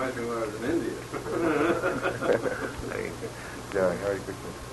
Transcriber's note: laughter